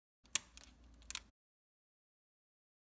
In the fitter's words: two key cap over the hinge once aligned push down and it should snap into place you you in this